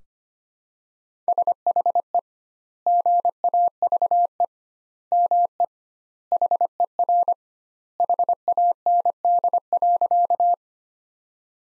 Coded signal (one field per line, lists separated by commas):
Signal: Morse code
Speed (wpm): 25 wpm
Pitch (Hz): 700 Hz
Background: none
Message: SHE GAVE ME HER HAND.